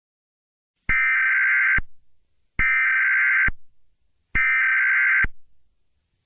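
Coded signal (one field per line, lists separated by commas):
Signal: Emergency Alert System (SAME) tones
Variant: header bursts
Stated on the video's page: Fictional EAS scenario; the alert tones are simulated, not a real broadcast.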